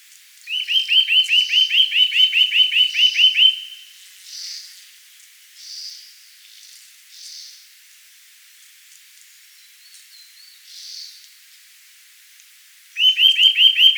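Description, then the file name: Eurasian nuthatch: a rapid volley of clear, rising notes for about three seconds, then a quiet gap with soft bird chirps, before the series starts again. "Sitta europaea"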